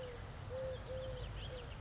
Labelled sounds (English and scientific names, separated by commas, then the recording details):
Eurasian Collared Dove (Streptopelia decaocto)
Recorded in Sonoma County, California